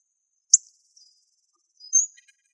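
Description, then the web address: Hawfinch calls: two short, sharp, very high ticks about one and a half seconds apart, the second slightly longer. "Coccothraustes coccothraustes"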